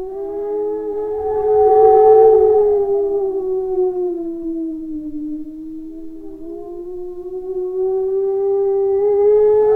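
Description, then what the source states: Dog giving a long sustained howl that sinks in pitch midway, then climbs back up and swells louder toward the end. Very large black-furred dog.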